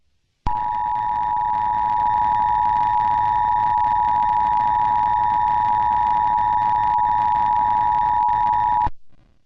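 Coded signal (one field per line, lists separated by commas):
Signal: Emergency Alert System (SAME) tones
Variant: 853 and 960 Hz attention tone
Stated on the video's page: Fictional EAS scenario; the EAS tones and attention signals are simulated recreations.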